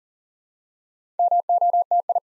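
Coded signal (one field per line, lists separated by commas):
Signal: Morse code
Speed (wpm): 40 wpm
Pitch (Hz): 700 Hz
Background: none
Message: MOTI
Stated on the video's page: Morse practice drill at 40 wpm: 8-letter words built up two letters at a time, for instant character recognition.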